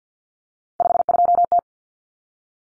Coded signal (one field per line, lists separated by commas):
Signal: Morse code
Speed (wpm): 50 wpm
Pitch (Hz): 700 Hz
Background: none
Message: 52T